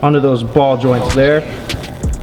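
A new gas hood strut is being handled so its end socket can be pressed onto the ball-joint stud under a car hood, while someone talks and music plays. A few brief sharp sounds come near 2.0 to 2.2 s as the clip ends, but the strut end has not popped onto the stud yet and nothing has seated.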